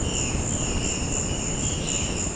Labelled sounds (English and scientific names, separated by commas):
Violaceous Jay (Cyanocorax violaceus)